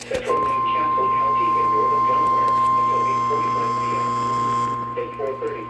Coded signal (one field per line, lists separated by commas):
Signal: Emergency Alert System (SAME) tones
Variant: 1050 Hz attention tone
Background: speech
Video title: The Flood Bowl of Alerts | EAS's #808-862 from July 14th, 2025.